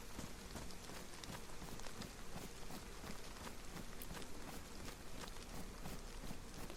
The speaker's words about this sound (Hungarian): Legyen már az, hogy teljesen áll az eső. Úgyhogy így hopp, nincs több eső. Stop!